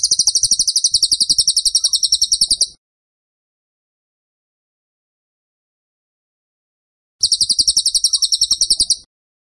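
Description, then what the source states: Bird sings two quick runs of piercing high notes, each a few seconds long, separated by a quiet gap of several seconds. Masteran (training) recording of a bird singing vigorously (gacor) in the tembakan style.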